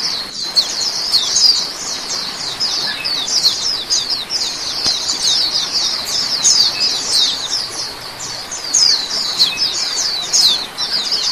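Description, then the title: Oriental magpie-robin song: sustained, energetic high twittering and chatter that keeps flowing almost without a break, with occasional louder bursts and light background hiss. "Kicau Kacer"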